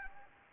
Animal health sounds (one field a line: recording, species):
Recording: mosquito wingbeat signal from an infrared sensor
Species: Anopheles gambiae